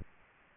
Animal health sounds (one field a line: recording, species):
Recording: mosquito wingbeat signal from an infrared sensor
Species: Aedes aegypti